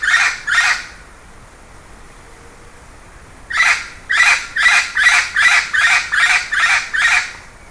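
Bird gives two harsh notes, falls silent for nearly three seconds, then launches into a rapid, even series of about ten rasping squawks.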